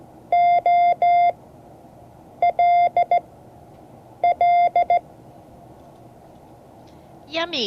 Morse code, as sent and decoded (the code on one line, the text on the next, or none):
--- / .-.. / .-.. / .
O L L E